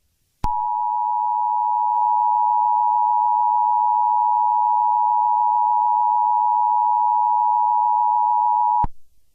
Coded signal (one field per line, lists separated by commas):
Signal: Emergency Alert System (SAME) tones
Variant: 853 and 960 Hz attention tone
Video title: Eas Scenario 022 - Invasion of the Multiverse